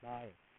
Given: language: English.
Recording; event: throat vibration sensor signal played as sound; speech